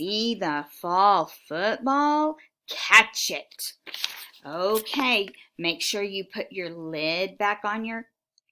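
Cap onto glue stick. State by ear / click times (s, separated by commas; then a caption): not seated / none. A plastic cap is being handled to go back onto a glue stick. Someone talks throughout, followed by faint, very short hits near the end. Nothing has seated or clicked yet.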